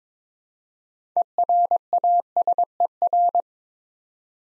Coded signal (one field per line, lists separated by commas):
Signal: Morse code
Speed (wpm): 22 wpm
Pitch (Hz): 700 Hz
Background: none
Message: ERASER